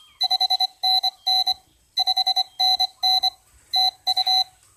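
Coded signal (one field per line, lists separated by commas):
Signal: Morse code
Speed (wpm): 25 wpm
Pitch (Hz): 750 Hz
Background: none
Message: 5NN 5NN TU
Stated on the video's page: Sent with an Ultra Pico CW keyer built from a kit.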